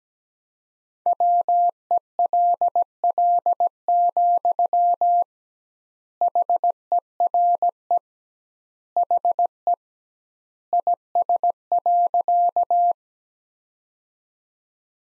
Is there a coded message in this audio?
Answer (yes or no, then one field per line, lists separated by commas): yes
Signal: Morse code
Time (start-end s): 1.1-12.9 s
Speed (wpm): 17 wpm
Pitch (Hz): 700 Hz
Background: none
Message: WELL, HERE HE IS.